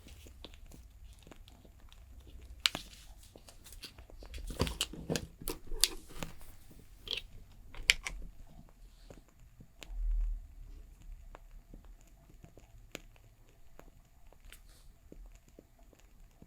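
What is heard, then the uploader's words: A crackling fire gives off sharp, irregular pops and snaps over a low, steady rumble. The pops cluster densely between about four and eight seconds, with a few louder cracks near three and eight seconds, then thin out to scattered clicks, plus a soft low swell around ten seconds. Crackling Fire Sounds.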